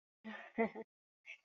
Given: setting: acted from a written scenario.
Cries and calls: vocal sound without words; romantic love

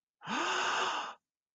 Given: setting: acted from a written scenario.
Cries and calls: vocal sound without words; awe

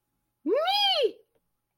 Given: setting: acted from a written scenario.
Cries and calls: vocal sound without words; pride

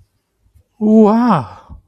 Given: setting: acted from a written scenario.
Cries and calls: vocal sound without words; awe

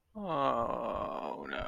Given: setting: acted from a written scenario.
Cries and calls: vocal sound without words; sadness

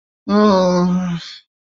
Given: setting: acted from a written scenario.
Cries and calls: vocal sound without words; shame

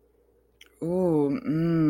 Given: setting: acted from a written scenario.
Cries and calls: vocal sound without words; desire

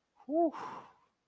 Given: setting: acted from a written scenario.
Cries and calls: vocal sound without words; contentment

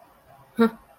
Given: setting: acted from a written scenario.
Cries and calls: vocal sound without words; contempt

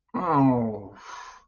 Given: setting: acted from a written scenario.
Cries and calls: vocal sound without words; guilt

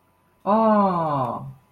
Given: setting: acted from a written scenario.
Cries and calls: vocal sound without words; adoration

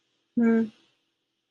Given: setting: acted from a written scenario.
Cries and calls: vocal sound without words; neutral

